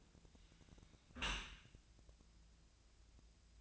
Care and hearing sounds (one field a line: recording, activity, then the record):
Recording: daily activity, microphone in the room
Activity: close dishwasher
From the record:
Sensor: 2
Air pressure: 1000.4 hPa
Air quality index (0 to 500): 164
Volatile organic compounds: 3 ppm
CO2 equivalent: 1357 ppm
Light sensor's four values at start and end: 11/30/11/13 and 11/30/11/13